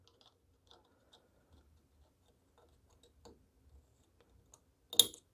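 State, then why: Seated. A wire-lock piston pin retaining clip is worked by hand, with a small screwdriver, around into the groove of an aluminum Ross piston's pin bore during a Butler Performance Pontiac short block piston and rod assembly. Faint scattered ticks and scrapes lead up to one loud, sharp snap at 5.0 s as the clip seats in the groove.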